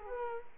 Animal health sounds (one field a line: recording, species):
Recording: mosquito wingbeat signal from an infrared sensor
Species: Culex quinquefasciatus